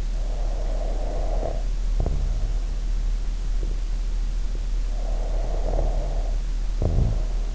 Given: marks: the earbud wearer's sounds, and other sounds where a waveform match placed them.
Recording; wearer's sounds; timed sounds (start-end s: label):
sounds in sleep by an in-ear microphone; snoring breath
0.17-2.65 s: snoring breath
4.84-7.55 s: snoring breath